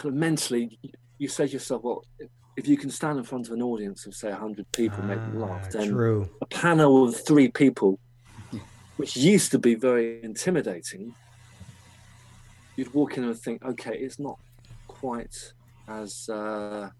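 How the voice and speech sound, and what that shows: An adult man, a stand-up comedian who has stuttered since about age 6, speaks conversationally in mostly fluent phrases. Stretched sounds, long silent pauses and a stalled, drawn-out 'as... uh' at the end break the flow. These disruptions fit stuttering, a disorder of speech fluency.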